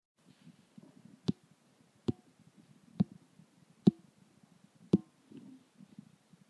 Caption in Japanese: 分娩から7か月も経った牛が食欲不振で診療依頼があった。 罹患牛は非常に痩せた牛で。 第四胃右方変位。 金属音（成牛、右肋より打診）。